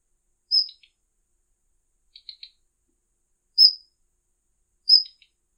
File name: daurian redstart